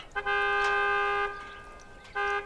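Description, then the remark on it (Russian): A car horn blares twice as a seller arrives by car: a long, steady, loud honk lasting about a second, a brief pause, then a shorter second toot with the same bright, buzzy pitch. “Приехал продавец на машине.”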